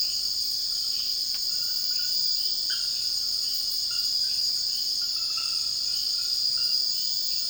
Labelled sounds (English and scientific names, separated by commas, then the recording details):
none
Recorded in dense forest near Puerto Asís, Putumayo, Colombia, on 18 February 2024 at 03:30
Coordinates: 0.481, -76.318
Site G6421